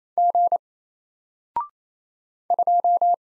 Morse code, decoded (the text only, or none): G 2